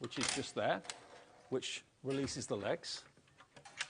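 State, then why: Seated. Someone talks while folding the leg of an oak-toned craft desk back into its locked position. A few smaller knocks lead to a sharp click at 3.8 s as the leg locks back in place.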